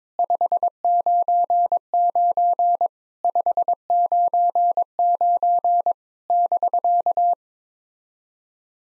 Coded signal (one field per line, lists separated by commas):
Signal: Morse code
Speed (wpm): 22 wpm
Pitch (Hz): 700 Hz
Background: none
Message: 599 599 <BK>